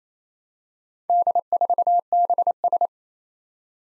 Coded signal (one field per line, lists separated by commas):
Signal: Morse code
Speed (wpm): 29 wpm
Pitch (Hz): 700 Hz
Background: none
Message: D4BS